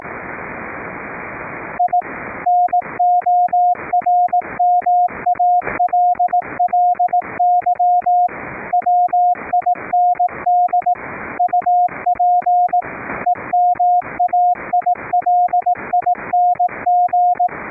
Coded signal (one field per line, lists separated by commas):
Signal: Morse code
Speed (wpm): 18 wpm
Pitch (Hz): 710 Hz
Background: radio noise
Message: I NORMALLY WIND UP EMAILING